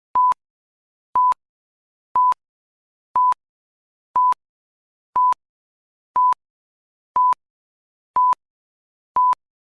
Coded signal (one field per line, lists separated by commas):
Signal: none